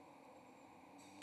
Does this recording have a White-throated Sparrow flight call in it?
no